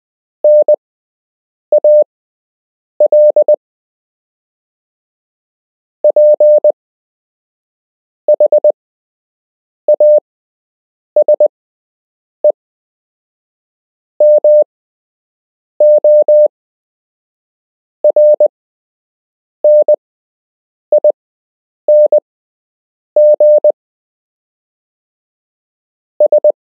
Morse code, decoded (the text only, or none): NALPHA SE MORNINGS